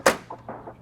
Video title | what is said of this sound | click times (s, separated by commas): How to quickly replace the waste cartridge: Xerox VersaLink C625 | clicks just like that | 0.1 s